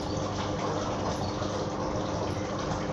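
Water pours in a steady, unbroken stream, a dense hissing splash that holds an even loudness for about three seconds with no voices over it.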